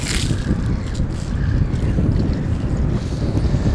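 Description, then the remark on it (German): Onshore wind at a harbour, a steady low rumbling roar buffeting the microphone without pause, with a faint airy hiss above and no voices. “Ab und an treibt der auflandige Wind eine Geruchsschwade in meine Richtung und ernsthaft, da kann einem schon der Appetit vergehen.”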